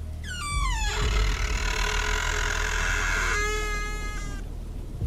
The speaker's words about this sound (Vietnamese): Tôi bất giác đưa tay đẩy cánh cửa. Nào ngờ bên trong không khóa. Cánh cửa rít lên một tiếng nặng nề, rồi từ từ mở ra.